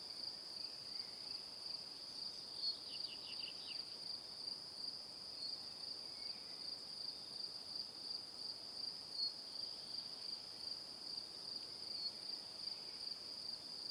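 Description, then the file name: Cricket chorus of continuous high chirping, softly pulsed throughout. Evening. "Calm - Evening Crickets"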